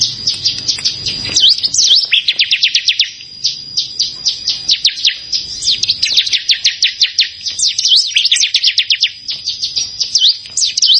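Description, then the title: Prinia song of quick, high-pitched ticking chirps in steady runs, mixed with a few slurred twitters, continuing almost without pause. "Ciblek Sawah"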